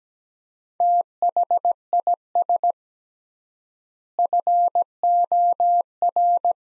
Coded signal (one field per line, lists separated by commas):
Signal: Morse code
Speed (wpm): 17 wpm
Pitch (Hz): 700 Hz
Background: none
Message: THIS FOR